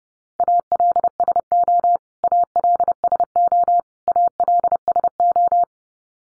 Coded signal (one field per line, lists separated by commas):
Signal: Morse code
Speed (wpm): 30 wpm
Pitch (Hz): 700 Hz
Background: none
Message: ALSO ALSO ALSO